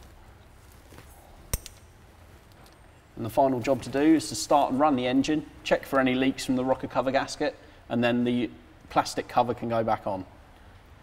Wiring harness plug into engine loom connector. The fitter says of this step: plug will make a positive clicking noise when you've got it on all the way and